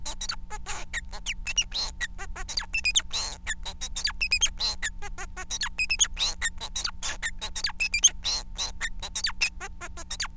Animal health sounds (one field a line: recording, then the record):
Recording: song of a male Bengalese finch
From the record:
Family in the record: son of father 4